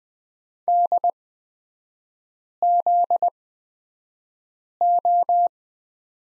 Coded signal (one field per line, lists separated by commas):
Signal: Morse code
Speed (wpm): 20 wpm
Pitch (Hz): 700 Hz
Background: none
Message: DZO